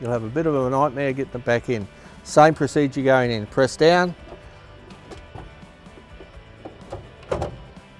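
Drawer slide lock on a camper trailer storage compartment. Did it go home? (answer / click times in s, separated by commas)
yes / 7.3 s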